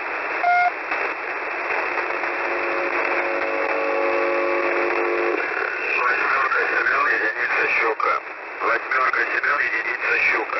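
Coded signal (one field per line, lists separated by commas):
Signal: coded military voice message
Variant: Russian, The Pip S30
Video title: S30 "The Pip" message (5448 kHz) on 25th May, 2020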